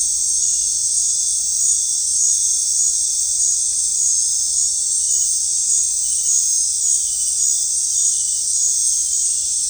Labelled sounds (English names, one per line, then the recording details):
none
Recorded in dense forest near Puerto Asís, Putumayo, Colombia, on 15 December 2024 at 19:30
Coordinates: 0.499, -76.324
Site G045